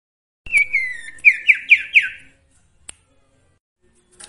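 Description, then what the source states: Sooty-headed bulbul song: a fast phrase of five or six rich, downslurred chirps descending slightly, followed by a sharp click, a pause and another brief sound at the end. Training song (masteran) with full variations.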